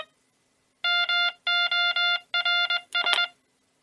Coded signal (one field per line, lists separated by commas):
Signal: Morse code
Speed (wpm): 21 wpm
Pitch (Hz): 1400 Hz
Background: none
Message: MORS